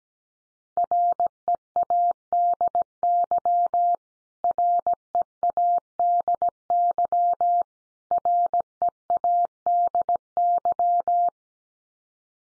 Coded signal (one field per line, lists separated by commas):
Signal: Morse code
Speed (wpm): 17 wpm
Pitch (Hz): 700 Hz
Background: none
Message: READY READY READY